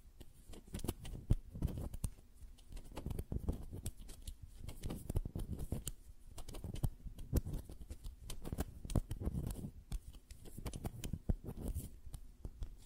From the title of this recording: Tapping on Nails, Finger Fluttering, Hand Sounds